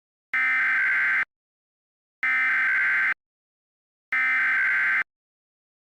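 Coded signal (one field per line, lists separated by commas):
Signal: Emergency Alert System (SAME) tones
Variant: header bursts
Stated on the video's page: Mock tornado warning, a fan-made remake rather than a real alert.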